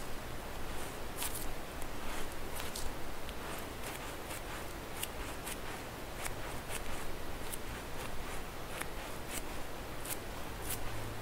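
Squishy stress balls are squeezed in a steady, dense run of soft crinkling and squelching. Crisp bright clicks and snaps pop out every second or so, sometimes in quick pairs, over a continuous low rustle with no pauses.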